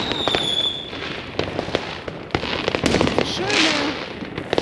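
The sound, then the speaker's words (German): A rapid series of sharp fireworks battery shots pops and crackles in quick succession, some louder bangs among lighter crackles, with faint voices and a rising whistle in the background. “Es gibt hier richtig schönes Feuerwerk und es gibt diese, ich sag mal, diese Billigbatterien.”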